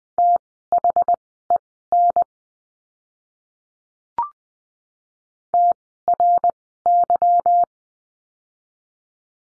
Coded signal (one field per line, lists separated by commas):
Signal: Morse code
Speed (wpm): 20 wpm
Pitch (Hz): 700 Hz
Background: none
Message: THEN TRY